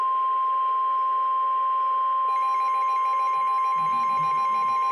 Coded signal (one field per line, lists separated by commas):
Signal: Emergency Alert System (SAME) tones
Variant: 1050 Hz attention tone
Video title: From Squalls to Supercells - EAS Alerts from April 2-3, 2024 || EAS 1,149-1,171